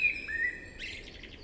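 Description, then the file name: Common blackbird giving a short fluted whistle that slides downward, then a twittering flourish higher up, with steady background hiss. "Turdus merula"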